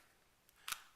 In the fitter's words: black stamp put it in the placeholder you see it clicks right in nice and firmly